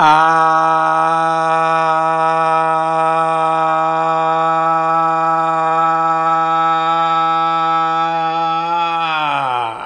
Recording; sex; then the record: sustained vowel /a/; male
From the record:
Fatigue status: no fatigue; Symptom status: asymptomatic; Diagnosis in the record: COVID-19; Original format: m4a